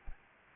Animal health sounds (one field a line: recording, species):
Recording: mosquito wingbeat signal from an infrared sensor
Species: Anopheles arabiensis